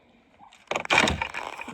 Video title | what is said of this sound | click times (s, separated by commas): Concussion? EXTREME Cold on the Off Grid Farm - Winter in the Maritimes | We're not latching. | none